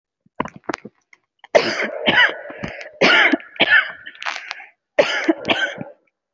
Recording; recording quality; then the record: heavy voluntary cough; excellent, no background noise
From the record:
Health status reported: healthy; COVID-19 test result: negative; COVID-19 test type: RT-PCR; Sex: female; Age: 24 years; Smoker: no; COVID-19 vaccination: one dose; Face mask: worn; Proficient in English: yes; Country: India